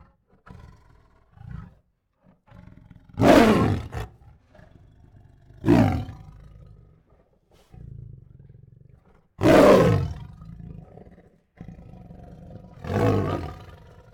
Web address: Sound Ideas Tigers. Aggressive and Angry Roars and Snarls